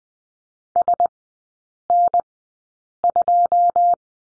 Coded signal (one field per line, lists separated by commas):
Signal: Morse code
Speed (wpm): 20 wpm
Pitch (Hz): 700 Hz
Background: none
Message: SN2